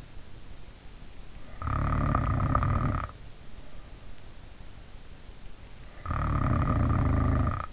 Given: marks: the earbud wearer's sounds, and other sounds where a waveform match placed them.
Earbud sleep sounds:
sounds in sleep by an in-ear microphone; snoring breath
1.39-3.33 s: snoring breath
5.96-7.73 s: snoring breath

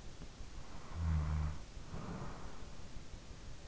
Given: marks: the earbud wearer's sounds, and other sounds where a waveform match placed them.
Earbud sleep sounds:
sounds in sleep by an in-ear microphone; snoring breath
0.37-3.32 s: snoring breath

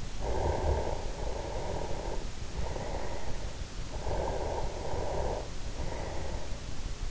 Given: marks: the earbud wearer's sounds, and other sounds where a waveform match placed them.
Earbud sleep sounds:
sounds in sleep by an in-ear microphone; breath
0.00-3.78 s: breath
4.00-6.78 s: breath

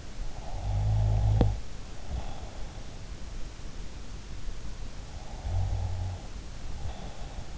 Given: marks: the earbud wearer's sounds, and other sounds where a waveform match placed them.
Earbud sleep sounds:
sounds in sleep by an in-ear microphone; snoring breath
0.37-2.83 s: snoring breath
5.16-7.58 s: snoring breath

